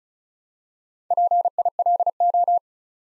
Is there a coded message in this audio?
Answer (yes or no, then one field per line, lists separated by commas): yes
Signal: Morse code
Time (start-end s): 1.1-2.6 s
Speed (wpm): 36 wpm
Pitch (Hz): 700 Hz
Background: none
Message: PILO